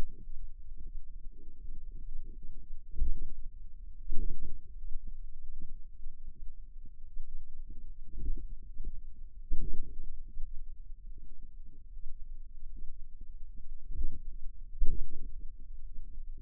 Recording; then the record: forearm muscle sounds (acoustic myography)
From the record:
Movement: finger pinch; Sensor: system 2, bracelet of six BSWA MPA416 microphones around the upper forearm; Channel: 5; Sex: female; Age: 23 years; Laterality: right